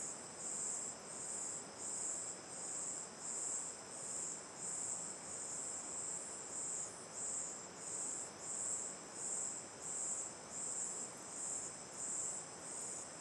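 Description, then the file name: Chorus of crickets, thin and very high, throbbing in regular pulses about three every two seconds, with steady water noise underneath. Night ambience facing the mouth of Terra Ronca 1 cave; crickets in chorus, river on the left; recorded with an A-B stereo microphone pair. "Ambiencia olhando para boca da caverna terra ronca 1 a noite, coro de cigarras e grilos, rio a esquerda, gravacao em ab"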